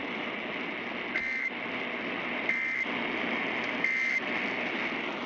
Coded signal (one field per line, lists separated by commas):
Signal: Emergency Alert System (SAME) tones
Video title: No Pre roll?!?!? KDKA Test from 8/13/23 (EAS #815)